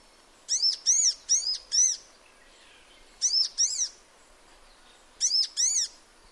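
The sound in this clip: Sunbird giving bright, high chirps in quick series, first four notes, then two, then another two after a pause.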